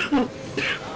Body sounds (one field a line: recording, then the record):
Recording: coughing mixed with background sound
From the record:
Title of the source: 64 coughing, allergies, singing lungs